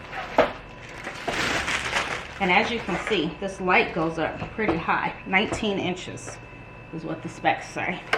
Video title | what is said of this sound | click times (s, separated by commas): Trecaan 12 Pod Hydroponics Growing System Review | That snaps right in. | 0.4 s